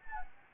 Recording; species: mosquito wingbeat signal from an infrared sensor; Anopheles gambiae